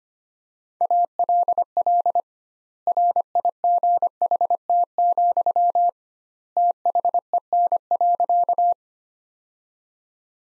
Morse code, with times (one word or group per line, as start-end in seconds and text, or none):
0.8-2.2 ALL
2.9-5.9 RIGHT,
6.6-8.7 THEN.